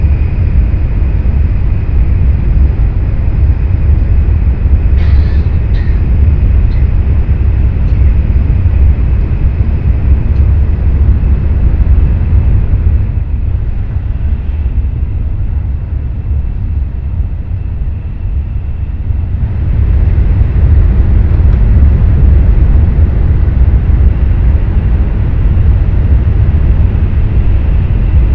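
Interior rumble of the Nishi-Kyushu Shinkansen Kamome No. 25 running from Takeo-Onsen to Nagasaki, a dense, steady low roar with a faint whine above it. Around 13 to 19 seconds the upper hiss drops away, then returns. Brief clicks come near five seconds.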